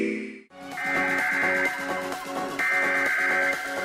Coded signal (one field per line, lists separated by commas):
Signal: Emergency Alert System (SAME) tones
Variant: header bursts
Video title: WLKU EAS Severe Thunderstorm Warning (April 8, 2020)